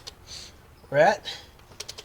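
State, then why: Torque reached. A click-type torque wrench set to 21 ft-lb tightens a spark plug into the aluminum cylinder head of a 2008 Tiburon 2.0L engine while someone talks. The wrench clicks at 1.8 s, followed by two fainter ticks just after. The plug reaches the set torque.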